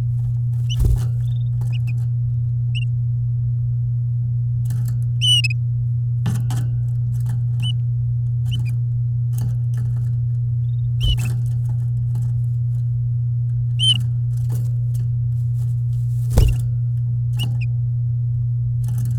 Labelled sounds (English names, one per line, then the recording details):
Domestic Canary song
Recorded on 9 May 2018 at 09:39
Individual llb16